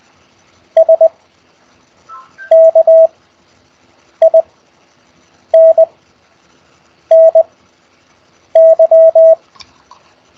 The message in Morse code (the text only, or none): SKINNY